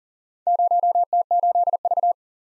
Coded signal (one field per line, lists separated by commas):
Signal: Morse code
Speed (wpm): 41 wpm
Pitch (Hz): 700 Hz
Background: none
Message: 0T8V